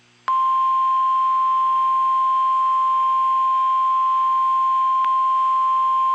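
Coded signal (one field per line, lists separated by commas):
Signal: Emergency Alert System (SAME) tones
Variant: 1050 Hz attention tone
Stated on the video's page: Severe Thunderstorm Warning received from NOAA Weather Radio station KIG79, Nashville.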